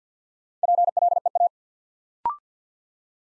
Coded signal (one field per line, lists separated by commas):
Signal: Morse code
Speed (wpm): 50 wpm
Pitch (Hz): 700 Hz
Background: none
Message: PLEA